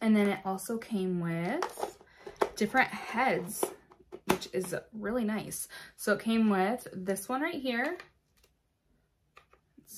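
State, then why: Not seated. A plastic attachment head for a Chuboor cordless handheld vacuum is picked up and handled before fitting into the nozzle while someone talks for about eight seconds. After the talking stops, a few faint, brief plastic taps follow near 8.4, 9.4 and 9.5 seconds, but nothing has seated or clicked yet.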